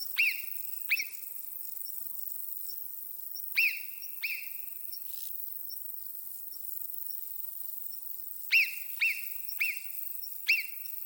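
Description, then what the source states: Marmot whistles: shrill, piercing calls that drop sharply in pitch, given in pairs and short bursts with pauses between, over a faint background hiss. Recorded in Écrins National Park, France.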